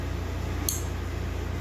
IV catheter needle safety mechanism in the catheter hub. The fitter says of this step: Once I hear the click,